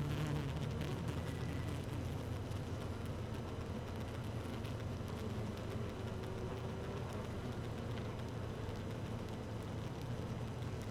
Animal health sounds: honeybee colony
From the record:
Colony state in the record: active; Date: 12 June 2018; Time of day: 15:33

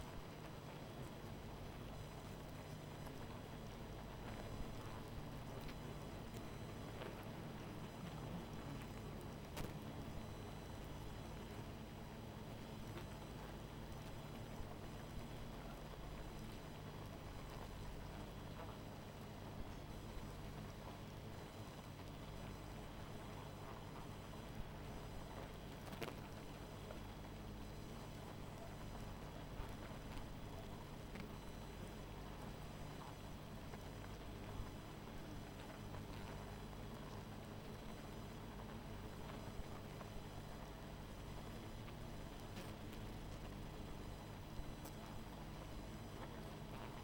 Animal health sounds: honeybee colony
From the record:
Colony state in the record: missing queen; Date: 14 July 2017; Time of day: 20:10

